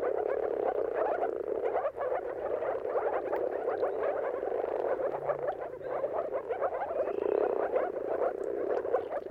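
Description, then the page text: Massed moor frogs produce a ceaseless bubbling hum of muffled yelping notes, the volume steady apart from one short dip early on. Mating calls of moor frogs at sunrise, at the turn of March and April, timing depending on weather. "Jakub-Orzecki moor frogs. Dawn’s Chorus: Mating Calls of Marsh Frogs at Sunrise. Depending on the weather at the turn of March and April, you can witness an amazing spectacle of moor frogs"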